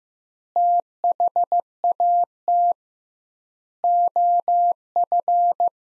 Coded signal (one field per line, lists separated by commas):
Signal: Morse code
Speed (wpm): 16 wpm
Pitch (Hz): 700 Hz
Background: none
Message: THAT OF